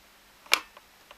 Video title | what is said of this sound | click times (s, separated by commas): Dell Inspiron 8500 Laptop Overview | I've seen much worse. And then you can hear this nice click. | 0.5 s